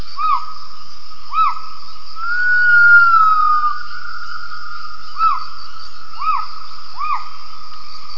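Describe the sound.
Gibbon calls: several short arched whistled notes, with one longer sustained whistled note in the middle, over a steady high drone.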